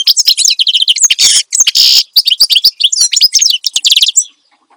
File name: Suara Kicauan Burung Finch Gacor Dor Cocok Untuk Masteran